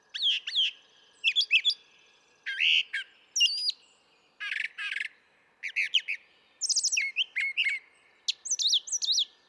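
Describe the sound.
Brown thrasher song, varied chirps, slurs and buzzy notes in short doubled phrases, with short gaps between them.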